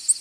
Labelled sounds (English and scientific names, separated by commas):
Tennessee Warbler (Leiothlypis peregrina) flight call